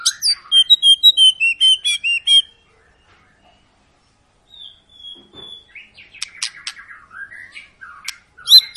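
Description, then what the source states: White-rumped shama song: a fast series of loud, repeated high whistled notes, a pause, a few soft whistles, then chattering trills and another loud burst. Long lure recording (pancingan) of a persistently singing (gacor) white-rumped shama, used to prompt other birds to sing.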